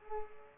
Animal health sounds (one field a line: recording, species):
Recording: mosquito wingbeat signal from an infrared sensor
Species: Culex pipiens